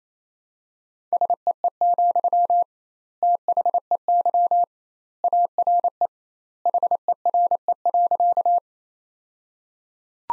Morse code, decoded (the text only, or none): SEE, THEY ARE HERE.